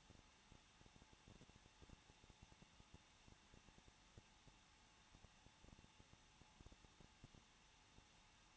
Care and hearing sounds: daily activity, microphone in the room; no activity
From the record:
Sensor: 1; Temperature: 20.1 degrees Celsius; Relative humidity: 39.3%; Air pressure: 1006.4 hPa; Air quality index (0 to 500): 219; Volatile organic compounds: 80 ppm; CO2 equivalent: 3606 ppm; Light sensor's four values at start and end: 1/2/1/1 and 1/2/1/1

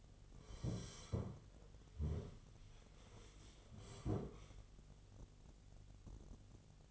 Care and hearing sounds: daily activity, microphone in the room; sit down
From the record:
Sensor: 4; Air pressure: 1016.1 hPa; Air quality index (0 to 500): 189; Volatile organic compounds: 9 ppm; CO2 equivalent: 2158 ppm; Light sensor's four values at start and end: 9/20/8/7 and 9/20/8/7

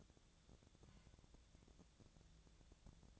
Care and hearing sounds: daily activity, microphone in the room; take from stove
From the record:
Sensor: 3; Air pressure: 999.9 hPa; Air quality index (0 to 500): 125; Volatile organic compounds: 2 ppm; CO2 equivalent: 1120 ppm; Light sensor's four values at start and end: 44/111/48/53 and 44/111/48/53

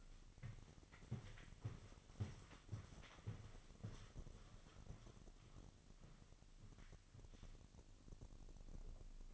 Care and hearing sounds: daily activity, microphone in the room; walk to room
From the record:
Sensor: 4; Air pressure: 1000.4 hPa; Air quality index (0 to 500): 212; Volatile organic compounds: 21 ppm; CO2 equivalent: 2733 ppm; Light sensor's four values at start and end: 9/20/8/7 and 9/21/8/8

